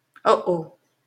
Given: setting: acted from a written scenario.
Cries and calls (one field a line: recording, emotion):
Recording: vocal sound without words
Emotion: embarrassment